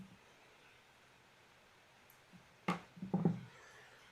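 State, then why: Not seated. A 1/4 inch hex bit is pushed into an impact driver's quick-release collet without pulling the ring, and it does not auto-lock; the ring must be pulled for the bit to lock. After near silence and a faint tick at 2.1 s, a sharp knock comes at 2.7 s, followed by a short cluster of clatter around 3.1 to 3.3 s. Nothing has seated or clicked yet.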